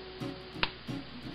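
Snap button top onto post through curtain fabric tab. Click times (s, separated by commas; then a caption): 0.6 s. A no-sew snap button top is centred over the post that pierces a curtain's fabric tab and pressed down lightly until it closes. A single sharp snap is heard at 0.6 s over a faint steady background, with a few softer low sounds around it. The snap seats and the button is secure.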